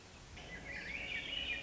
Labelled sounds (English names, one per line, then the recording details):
Swainson's Thrush
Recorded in Sonoma County, California